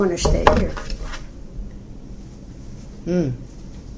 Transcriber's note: smacks the table